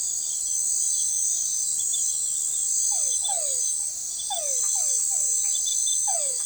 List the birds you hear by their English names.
none